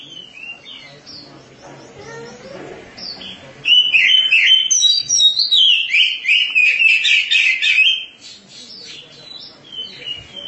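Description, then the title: Oriental magpie-robin song, soft notes building into a loud, rapid, varied warble with whistled and buzzy phrases lasting around four seconds, then quieter notes. "Suara Kicauan Burung Kacer"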